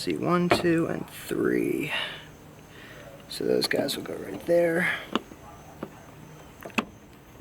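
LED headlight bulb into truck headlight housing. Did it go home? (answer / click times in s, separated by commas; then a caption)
yes / 6.8 s. An LASTFIT LED headlight bulb is inserted into the headlight housing of a 2004–2008 Ford F150 truck with its three ridges lined up, then twisted until it locks into place. Someone talks over soft handling noises, then a few small ticks lead to a sharp click at 6.8 s as the bulb seats and locks.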